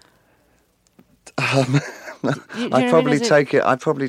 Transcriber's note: laughter